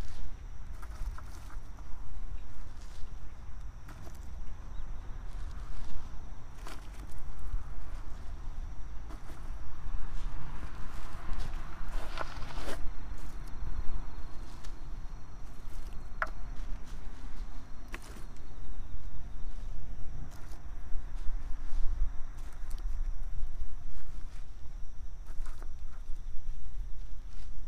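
Garlic planting in soil on an autumn evening: irregular scrapes, taps and short crunchy knocks come every second or two throughout. Insects keep a thin, steady high buzz, and a low traffic rumble from distant cars runs underneath the whole time.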